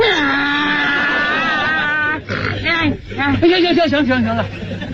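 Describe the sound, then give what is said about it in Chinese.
A man's voice imitates a donkey braying as a vocal mimicry (kouji) act, starting with a long wavering high note that breaks into a series of loud, rhythmic hee-haw gasps, with a second voice briefly reacting. “行了，哪门科学有这学驴叫啊？”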